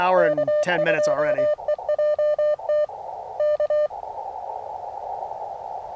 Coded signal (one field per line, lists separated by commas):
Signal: Morse code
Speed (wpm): 24 wpm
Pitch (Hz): 590 Hz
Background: speech, radio noise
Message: K2EJT K